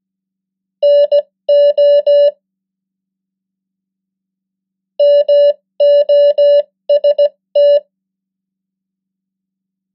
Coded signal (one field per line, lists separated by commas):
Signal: Morse code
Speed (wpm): 17 wpm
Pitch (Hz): 580 Hz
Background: none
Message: NO MOST